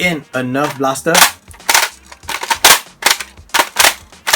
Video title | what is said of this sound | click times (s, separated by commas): USB Powered Nerf Modulus | not really good doesn't hook on the place | none